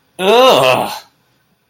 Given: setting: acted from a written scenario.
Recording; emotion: vocal sound without words; disgust